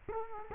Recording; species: mosquito wingbeat signal from an infrared sensor; Culex quinquefasciatus